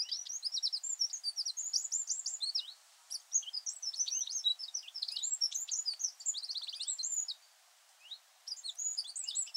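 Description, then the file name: Eurasian wren delivering loud, fast strings of high, bright notes and trills in long phrases, with two short pauses. "Troglodytes troglodytes"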